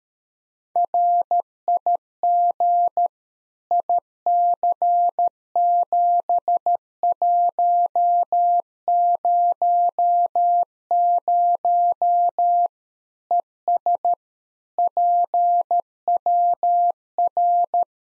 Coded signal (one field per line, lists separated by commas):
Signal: Morse code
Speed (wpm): 13 wpm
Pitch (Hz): 700 Hz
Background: none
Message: RIG IC7100 ES PWR